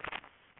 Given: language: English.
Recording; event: throat vibration sensor signal played as sound; swallow